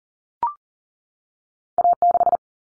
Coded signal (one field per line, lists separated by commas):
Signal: Morse code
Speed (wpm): 40 wpm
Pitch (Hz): 700 Hz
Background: none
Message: A6